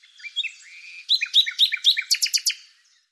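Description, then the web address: Bird song with slurred whistles that break into a quick run of loud chirps and buzzy notes. "Deverinetal 2025"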